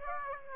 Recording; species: mosquito wingbeat signal from an infrared sensor; Aedes aegypti